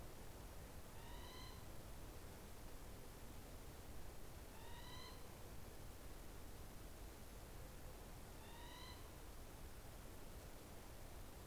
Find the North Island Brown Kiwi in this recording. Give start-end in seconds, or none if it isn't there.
none